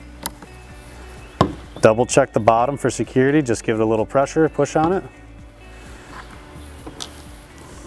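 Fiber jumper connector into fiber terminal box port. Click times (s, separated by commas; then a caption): 0.3 s. A fiber jumper connector, its notches lined up, is pushed into the port inside an exterior fiber terminal box and seats with a sharp click at 0.3 s, showing it is terminated. Another sharp knock follows at 1.4 s, then someone talks, and a further short click comes at 7.0 s.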